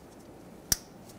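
The plastic electrical connector of the downstream oxygen sensor on a 2008–2020 Dodge Grand Caravan is plugged back into its mating harness connector during a rear catalytic converter replacement. A single sharp, bright snap rises out of a quiet background at 0.7 s. The connector clicks in and is seated.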